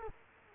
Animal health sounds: mosquito wingbeat signal from an infrared sensor; Culex quinquefasciatus

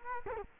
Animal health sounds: mosquito wingbeat signal from an infrared sensor; Culex quinquefasciatus

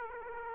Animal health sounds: mosquito wingbeat signal from an infrared sensor; Aedes aegypti

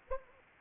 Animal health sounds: mosquito wingbeat signal from an infrared sensor; Anopheles arabiensis

